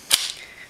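The bolt of a TNW ASR (Aero Survival Rifle) 9mm pistol-caliber carbine is pushed home during an unboxing, giving a sharp, bright metallic snap at 0.1 s as it locks into place. A softer tick follows at about 0.3 s, and a faint tick comes at about 0.8 s as the ring dies away.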